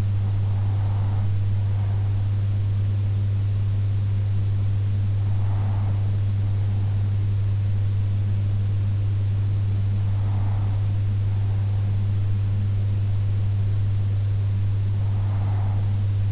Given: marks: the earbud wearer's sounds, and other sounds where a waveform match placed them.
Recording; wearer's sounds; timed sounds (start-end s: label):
sounds in sleep by an in-ear microphone; breath
0.33-2.33 s: breath
5.33-7.33 s: breath
10.33-12.33 s: breath
14.33-16.32 s: breath